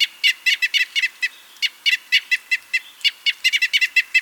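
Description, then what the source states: Crossbill calls, a continuous run of sharp, metallic 'kip' notes, spaced unevenly, sometimes paired. Comparison of crossbill call types 3 and 8.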